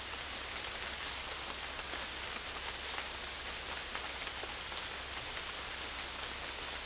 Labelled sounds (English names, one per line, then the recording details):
none
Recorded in dense forest near Puerto Asís, Putumayo, Colombia, on 18 February 2024 at 13:30
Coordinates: 0.485, -76.325
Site G6429